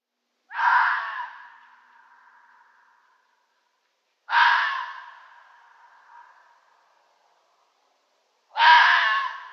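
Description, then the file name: Red fox calling with three hoarse, harsh cries about four seconds apart, each opening rough and loud, the first two fading into a thinner drawn-out tone; otherwise quiet. "rotfuchs"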